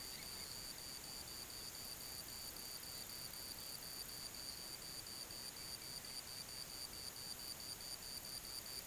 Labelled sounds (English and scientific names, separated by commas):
none